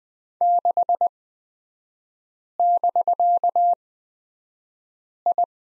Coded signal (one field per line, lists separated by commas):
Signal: Morse code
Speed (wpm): 20 wpm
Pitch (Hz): 700 Hz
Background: none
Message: 6<BK>I